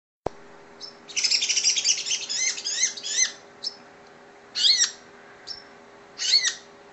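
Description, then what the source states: Oriental magpie-robin song after a sharp click: a dense buzzy chattering phrase, then a few separate short harsh bursts of slurred high notes, over a soft hum. Chirping song, from a recording over an hour long.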